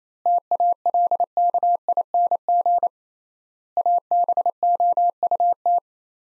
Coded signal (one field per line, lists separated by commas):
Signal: Morse code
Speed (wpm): 28 wpm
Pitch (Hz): 700 Hz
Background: none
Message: TALKING ABOUT